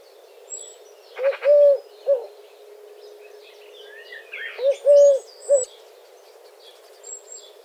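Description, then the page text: Eurasian collared dove cooing, two three-note phrases, a short note, a long one, then a short one, about three seconds apart, with faint chirps of other birds behind. "Горлица кольчатая"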